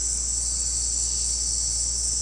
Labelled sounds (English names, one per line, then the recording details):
none
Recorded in secondary vegetation near Puerto Asís, Putumayo, Colombia, on 9 March 2025 at 17:30
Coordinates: 0.484, -76.319
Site G010